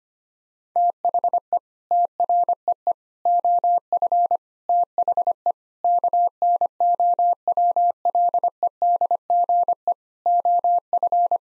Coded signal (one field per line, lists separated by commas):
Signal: Morse code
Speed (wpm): 25 wpm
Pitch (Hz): 700 Hz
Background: none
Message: THE TREE OF THE KNOWLEDGE OF